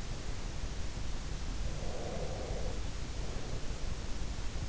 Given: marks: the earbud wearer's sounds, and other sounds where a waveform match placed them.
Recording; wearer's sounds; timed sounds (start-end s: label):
sounds in sleep by an in-ear microphone; breath
1.73-4.14 s: breath